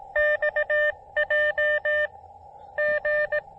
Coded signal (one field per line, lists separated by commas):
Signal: Morse code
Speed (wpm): 20 wpm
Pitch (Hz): 600 Hz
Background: none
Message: XJG